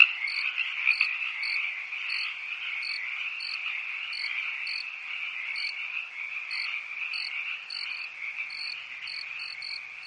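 Crickets chirping: a steady high buzzing chorus with sharp, brief chirps repeated throughout.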